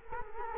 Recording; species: mosquito wingbeat signal from an infrared sensor; Culex quinquefasciatus